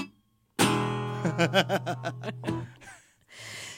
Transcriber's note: laughing